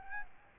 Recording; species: mosquito wingbeat signal from an infrared sensor; Aedes albopictus